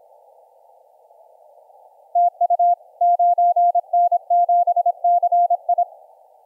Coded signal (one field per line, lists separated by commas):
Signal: Morse code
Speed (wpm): 26 wpm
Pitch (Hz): 700 Hz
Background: none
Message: TU 9N7CI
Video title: 9N7CI - IU1DOF on 15m CW